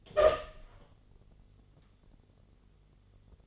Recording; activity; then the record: daily activity, microphone in the room; open door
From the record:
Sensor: 4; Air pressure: 1015.9 hPa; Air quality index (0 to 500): 211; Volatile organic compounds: 13 ppm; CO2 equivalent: 2405 ppm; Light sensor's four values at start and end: 9/20/8/7 and 9/20/8/7